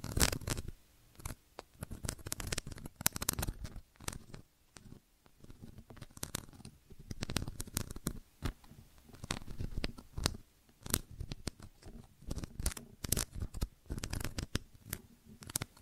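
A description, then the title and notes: ASMR ear treatment sounds: dense, irregular crisp snips, rustles and tapping bursts crowd the whole sixteen seconds, with only brief quieter gaps. ASMR 3D Brain Penetrating Ear Treatment.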